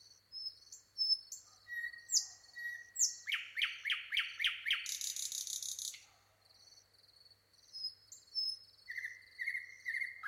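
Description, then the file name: Common nightingale song: a few whistles, a burst of five loud down-slurred notes, a harsh buzzy rattle, then soft steady whistles. "Luscinia megarhynchos"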